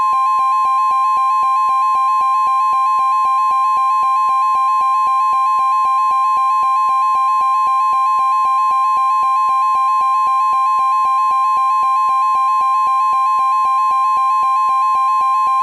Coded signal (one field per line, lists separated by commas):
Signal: Emergency Alert System (SAME) tones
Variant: 1050 Hz attention tone